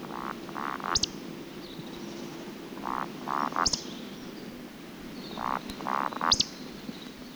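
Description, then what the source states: Eurasian Woodcock: three bursts of low, croaking grunts, each ending in a sharp high squeak, about every two to three seconds. Sweden.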